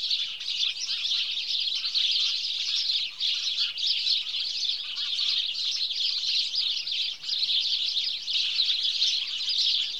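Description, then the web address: House sparrows in full chorus, a dense, steady stream of chirps and twitters with short lulls near three and seven seconds. "The BBC Sound Effects Library. Birds. House Sparrow (Passer Domesticus)"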